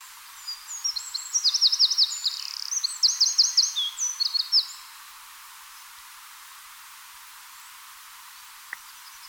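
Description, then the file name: Eurasian wren song: a loud, high, rapid outpouring of trills and buzzy rattles lasting a few seconds, with rolling repeated notes in the middle, then quiet. "Troglodytes troglodytes"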